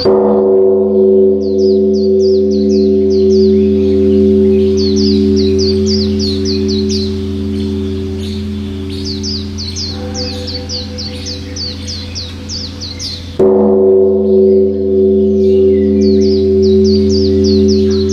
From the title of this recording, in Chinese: 晨鐘暮鼓